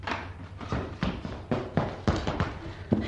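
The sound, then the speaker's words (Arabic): Quick footsteps hurry toward a princess in her bedchamber, pattering in a steady, hurried rhythm, about two sharp thuds each second over a low background rumble, with no voices. “وبينما الأميرة في مخدعها إذ سمعت ضجة وجلبة وأصواتا مقتربة ووقع أقدام تسرع إليها وفتح الباب عليها.”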